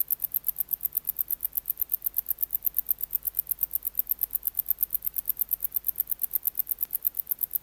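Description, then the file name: Wart-biter song, a long run of sharp high clicks repeated steadily, with a faint low hum underneath. "Decticus verrucivorus"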